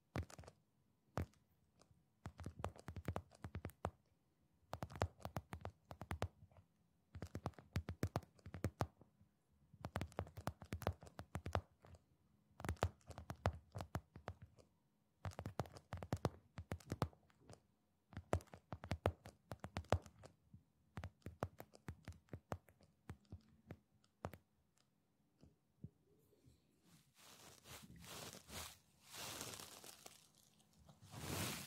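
Hands tap and scratch in repeated bursts of quick, crisp clicks, each cluster lasting about a second with short silent gaps between, keeping a fairly regular pace. Near the end, from about 27 seconds, the tapping gives way to a steady bright rubbing or stroking hiss.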